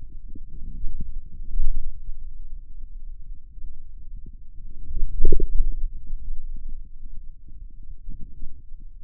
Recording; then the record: forearm muscle sounds (acoustic myography)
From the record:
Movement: wrist extension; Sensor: system 2, bracelet of six BSWA MPA416 microphones around the upper forearm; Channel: 4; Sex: male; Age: 22 years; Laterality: right